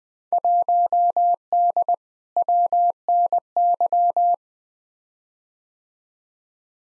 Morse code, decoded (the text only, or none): 1D WNY